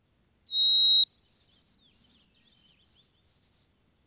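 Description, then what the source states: White-throated sparrow whistled song: one long clear note, then a slightly higher note followed by a series of shorter repeated whistles, pure and even. Clear whistled song rendered as 'Old Sam Peabody, Peabody, Peabody'; among small birds calling in mixed flocks in a stand of white pines.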